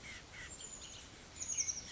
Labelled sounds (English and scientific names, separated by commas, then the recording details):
Bullock's Oriole (Icterus bullockii)
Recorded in Sonoma County, California